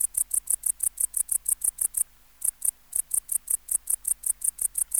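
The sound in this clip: Tettigonia hispanica bush-cricket song: fast runs of high buzzy syllables interrupted by a brief pause before resuming.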